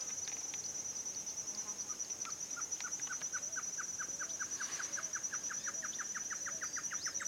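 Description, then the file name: Great Antshrike calls: a run of short notes starts after two seconds and continues steadily to the end, beneath a loud steady high-pitched insect drone. Male and female pair calling; Esperanza; 27 February 2017. "Chororó-Macho-y-Hembra Esperanza 27-02-2017"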